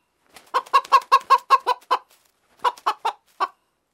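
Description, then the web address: Chicken cackle: a burst of quick, even clucks, a short pause, then a few more spaced clucks that trail off. "pollo cacareo"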